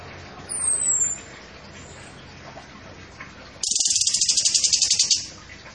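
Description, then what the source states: Orange-headed thrush sound: a thin, high descending whistle, a quiet gap, then a fast, high buzzy rattling trill lasting about a second and a half. Singing actively (gacor).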